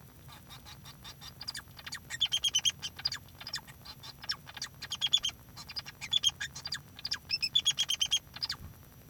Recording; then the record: song of a male Bengalese finch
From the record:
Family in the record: son of father 2